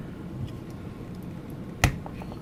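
A plastic accessory piece with a scoop is plugged into a socket on a Bandai Super Robot Chogokin Mazinkaiser action figure and pushed harder until it clicks in. After quiet handling noise, one sharp click at 1.8 s is followed by two faint ticks. The piece is seated.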